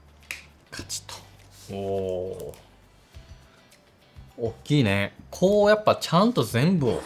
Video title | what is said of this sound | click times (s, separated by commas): SONYのカメラシステムを大型アップデート！最新カメラ・レンズがやってきた！！ | 그리고 센서 부분이 매우 가까워요 이게 딸깍 | 0.3 s